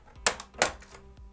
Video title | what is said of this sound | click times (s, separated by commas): Sony Playstation 4 PS4 Slim No Power Power Supply Replacement - Repair Tutorial | and you're going to hear a little click | 0.3 s, 0.6 s